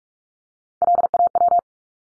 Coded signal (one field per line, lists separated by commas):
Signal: Morse code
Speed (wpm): 44 wpm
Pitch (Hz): 700 Hz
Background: none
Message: LAW